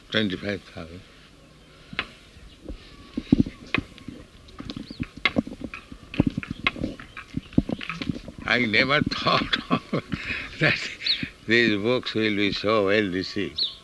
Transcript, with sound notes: Twenty-five thousand. I never thought [laughs] that these books will be so well received.